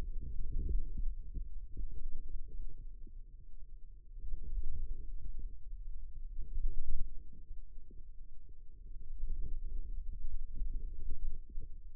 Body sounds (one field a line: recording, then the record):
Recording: forearm muscle sounds (acoustic myography)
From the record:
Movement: radial deviation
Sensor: system 2, bracelet of six BSWA MPA416 microphones around the upper forearm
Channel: 6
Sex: female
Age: 22 years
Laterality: right